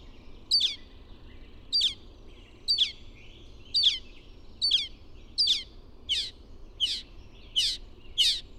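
Bird song of one loud, sharp, downslurred note repeated ten times at a steady pace, a little faster than once a second, over low background noise.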